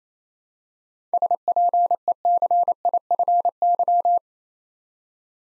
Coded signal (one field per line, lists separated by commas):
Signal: Morse code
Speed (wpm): 27 wpm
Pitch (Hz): 700 Hz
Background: none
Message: SPECIFY